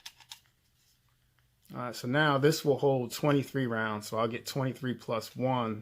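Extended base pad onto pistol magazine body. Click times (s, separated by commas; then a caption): 0.1 s, 0.3 s. An extended polymer base pad with its spring insert is pushed onto the bottom rails of a pistol magazine body and snaps into place, with sharp clicks at 0.1 s and 0.3 s showing it has seated. After a short quiet pause, someone talks.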